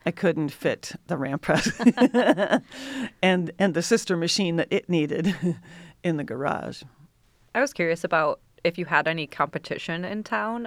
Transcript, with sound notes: I couldn't fit the RAM press, [LAUGHTER] and the sister machine that it needed in the garage.
I was curious about if you had any competition in town.